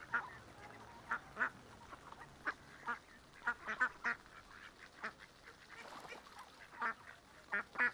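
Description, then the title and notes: Mallard calls, brief quacks and soft chatter at irregular intervals. Adults, juveniles and ducklings with mothers on a small river in a park, Griñón, Madrid, Spain; Sunday afternoon; excited when people feed them, young begging for food; Zoom H1n recorder. "Paseo de la Senda, 34, Griñón, Madrid, España - Tarde en el parque del río con patos. patos griñon. Domingo tarde. Los sonidos de aves que se escuchan son Ánade Real (Anas platyrhynchos)"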